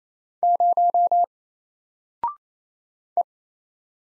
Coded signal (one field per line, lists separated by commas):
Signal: Morse code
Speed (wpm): 27 wpm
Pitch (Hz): 700 Hz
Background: none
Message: 0 E